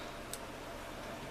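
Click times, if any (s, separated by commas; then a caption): 0.3 s. A metal rivet cap is pressed by hand onto a rivet post before setting. One short, sharp click is heard at 0.3 s over steady low background noise. The cap seats onto the post.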